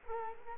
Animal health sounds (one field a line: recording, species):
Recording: mosquito wingbeat signal from an infrared sensor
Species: Culex quinquefasciatus